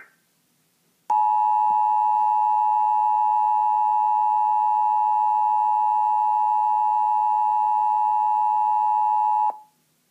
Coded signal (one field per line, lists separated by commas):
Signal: Emergency Alert System (SAME) tones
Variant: 853 and 960 Hz attention tone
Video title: Color Crew Gets Interrupted by EAS Tornado Warning